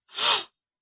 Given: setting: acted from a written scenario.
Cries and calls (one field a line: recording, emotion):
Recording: vocal sound without words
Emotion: fear